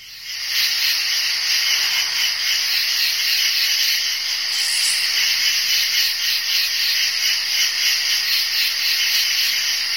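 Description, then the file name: Crickets swell in quickly, then a steady shrill pulsing chorus continues without pause. "bruitage grillons"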